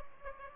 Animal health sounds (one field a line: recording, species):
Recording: mosquito wingbeat signal from an infrared sensor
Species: Aedes aegypti